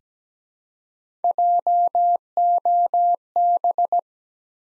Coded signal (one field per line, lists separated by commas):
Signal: Morse code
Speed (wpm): 17 wpm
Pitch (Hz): 700 Hz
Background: none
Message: JOB